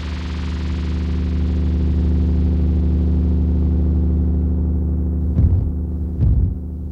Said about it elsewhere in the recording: People with tinnitus hear a sound like this all the time. There are all kinds of things that cause tinnitus. Exposure to loud sounds, hearing loss, even stress. With it, you hear constant noise, usually a ringing or a buzz. These simulations were created by the British Tinnitus Association. Tinnitus affects. Between 10 and 15% of the population. For some, the sound is completely deafening, and often, there's no cure.